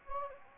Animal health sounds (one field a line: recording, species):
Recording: mosquito wingbeat signal from an infrared sensor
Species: Anopheles gambiae